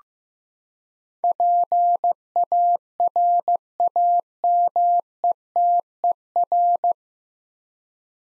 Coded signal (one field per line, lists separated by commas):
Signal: Morse code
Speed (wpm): 15 wpm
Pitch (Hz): 700 Hz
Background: none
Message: PARAMETER